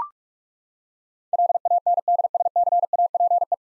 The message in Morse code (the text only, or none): LANDSCAPE